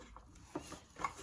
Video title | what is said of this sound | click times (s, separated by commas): Bissell Cleanview Swivel Rewind Pet: Replacing the Belt | And it kind of snaps into place. | 1.1 s